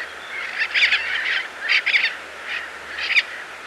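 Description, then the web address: Yellow-eared parrot uttering hoarse, honking calls in several small clusters, with a soft hiss behind. "Birds of Ecuador. Yellow-eared Parrot"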